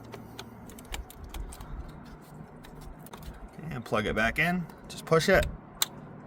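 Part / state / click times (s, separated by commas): PCV hose fitting into valve cover port / seated / 5.8 s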